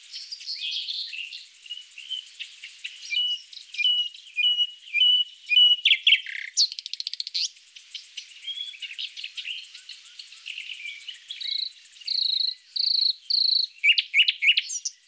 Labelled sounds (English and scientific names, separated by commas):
Common Nightingale (Luscinia megarhynchos) song